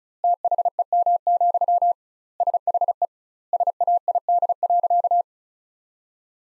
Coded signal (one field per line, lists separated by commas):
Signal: Morse code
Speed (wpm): 34 wpm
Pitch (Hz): 700 Hz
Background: none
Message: THEM, SHE SAID.